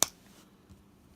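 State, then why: Seated. A plastic display stand peg is pushed into the port on the underside of a die-cast Hot Wheels Star Wars Rebel Snowspeeder toy ship. It seats with one sharp, bright click at 0.0 s, followed by a faint low hum and a soft bump near 0.7 s. The peg is confirmed seated.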